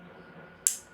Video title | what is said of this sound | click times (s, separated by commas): Glock field knife perfection | clicks into place and this is what retains it right here | 0.7 s